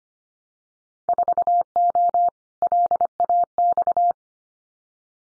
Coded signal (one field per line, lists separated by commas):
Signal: Morse code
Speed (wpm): 25 wpm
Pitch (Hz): 700 Hz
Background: none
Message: 4O LAX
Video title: Winter Field Day Exchange Encore 25wpm